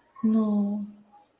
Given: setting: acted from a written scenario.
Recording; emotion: vocal sound without words; guilt